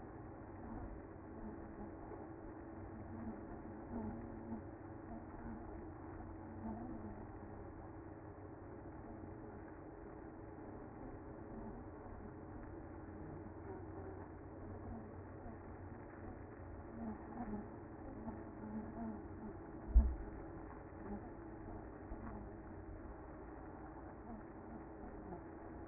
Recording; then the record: honeybee colony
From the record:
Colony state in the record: active